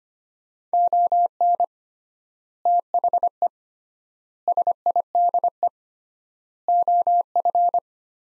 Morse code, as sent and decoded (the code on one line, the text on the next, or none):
--- -. / - .... . / ... .. -.. . / --- ..-.
ON THE SIDE OF